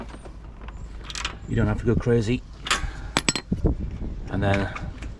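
The rubber spark plug boot is handled near the new spark plug on a Briggs & Stratton 625/650/675 Quantum engine of a Stihl Viking 5 MB 545 VR lawnmower, with light rattles and several sharp taps between bursts of someone talking. The boot has not clicked onto the plug yet; nothing has seated by the end.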